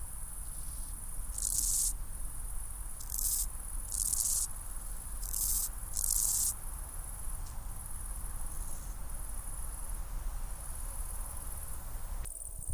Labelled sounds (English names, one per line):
Great Green Bush-cricket stridulation